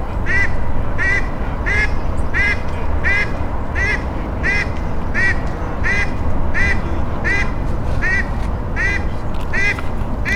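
Duck giving a long series of evenly spaced nasal quacks with a constant low rumble underneath.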